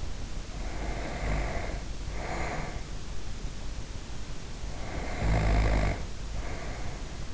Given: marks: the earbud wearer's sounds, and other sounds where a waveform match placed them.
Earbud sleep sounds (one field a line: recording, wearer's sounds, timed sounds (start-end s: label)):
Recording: sounds in sleep by an in-ear microphone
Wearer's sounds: breath, snoring breath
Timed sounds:
0.26-2.86 s: breath
4.68-7.34 s: snoring breath